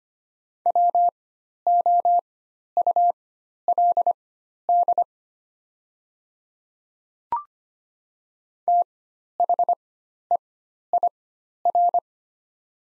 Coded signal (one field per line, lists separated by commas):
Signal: Morse code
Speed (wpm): 25 wpm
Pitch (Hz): 700 Hz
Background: none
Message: WOULD THEIR